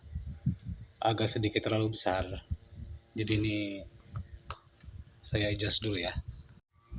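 A bar magnet that is slightly too big is being adjusted before it goes into the base of a rewound DiMarzio guitar pickup with an old 1990s-style screw guide. Someone talks throughout, with short taps around 4.2 s and 4.5 s. Nothing has seated yet.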